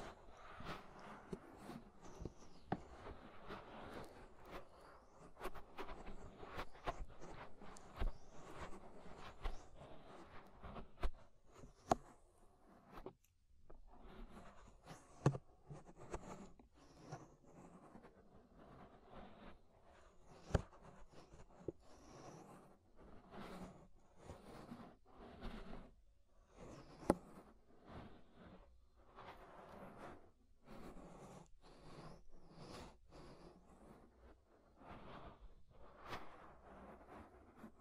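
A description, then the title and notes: Ear scraping gives a dense run of crackly, rustling scratches with frequent sharp clicks and pops, briefly quieter around twelve to fifteen seconds. Inner and Outer Ear Scraping (No Talking).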